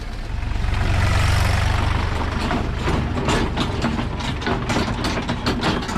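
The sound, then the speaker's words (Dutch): A tractor engine runs steadily with a deep, loud rumble, joined after a few seconds by repeated clattering and rattling bursts over the continuous drone. The tractor carries seven large crates of freshly picked pears to cold storage in a pear orchard in Warmel, Gelderland, Netherlands. “En die worden door een tractor naar de koeling gereden.”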